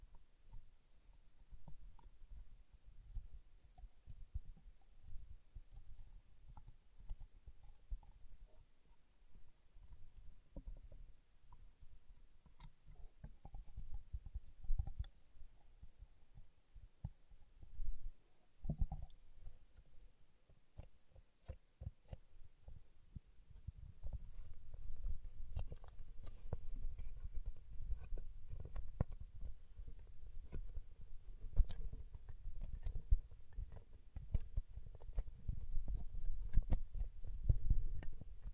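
Paraffin wax is peeled, tapped and scratched in dense, uneven bursts of low thuds and crackly clicks, growing busier and louder after about 24 seconds.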